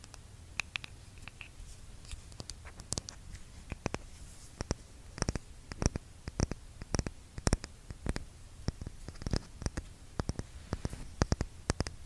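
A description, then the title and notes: Skincare product tapping: crisp, bright taps at an irregular, fairly quick pace, sometimes doubled, over a faint low hum throughout. Skincare product tapping. Blue yeti microphone.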